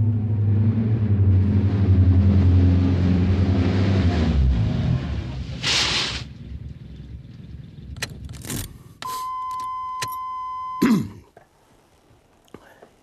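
A car driving from Los Angeles to Pasadena: the engine rumbles low and steady, then winds down and falls quiet as the car stops, followed by a few sharp clicks and a sustained electronic beep that ends abruptly.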